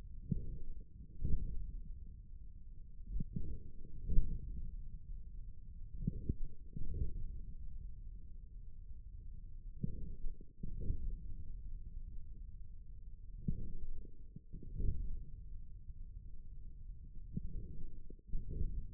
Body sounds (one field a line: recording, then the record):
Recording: forearm muscle sounds (acoustic myography)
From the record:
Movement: forearm pronation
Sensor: system 1, eight BSWA MPA416 microphones around the upper forearm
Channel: 4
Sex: male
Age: 41 years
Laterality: right